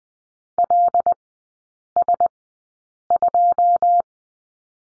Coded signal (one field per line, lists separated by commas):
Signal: Morse code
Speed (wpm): 20 wpm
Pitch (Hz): 700 Hz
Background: none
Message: LS2